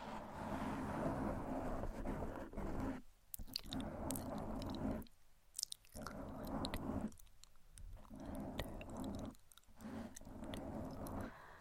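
Gentle scratching on a microphone makes a dense, rough rustle that runs in bursts of a second or two. It breaks off into short quiet gaps around 3, 5, 7 and 9.5 seconds, where small crisp ticks and squishy clicks stand out.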